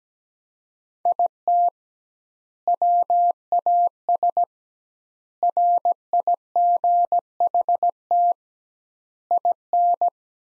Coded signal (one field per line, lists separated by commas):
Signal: Morse code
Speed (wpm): 17 wpm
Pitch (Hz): 700 Hz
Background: none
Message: IT WAS RIGHT IN